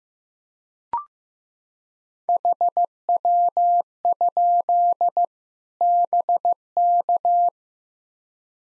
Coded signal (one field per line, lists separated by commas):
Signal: Morse code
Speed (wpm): 16 wpm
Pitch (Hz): 700 Hz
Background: none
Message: HW? BK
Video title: Practice QSO - Exchange 2- Info - 15wpm